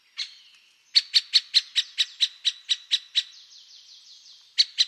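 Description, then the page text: Great spotted woodpecker giving sharp, high calls: a single note, then a fast series of about five per second, a fainter run of notes, and two more calls. Burgundy, France; calls. "Pic épeiche Dendrocopos major Tambourinage et cris"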